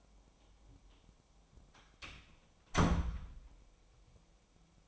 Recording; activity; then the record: daily activity, microphone in the room; close door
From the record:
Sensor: 1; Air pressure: 1007.2 hPa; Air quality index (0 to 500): 201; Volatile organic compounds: 21 ppm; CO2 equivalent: 2714 ppm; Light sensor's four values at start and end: 13/34/13/15 and 13/33/13/15